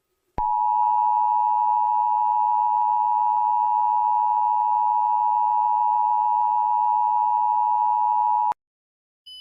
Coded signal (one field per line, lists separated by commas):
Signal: Emergency Alert System (SAME) tones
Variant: 853 and 960 Hz attention tone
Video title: EAS Scenario #13 - The Blackhole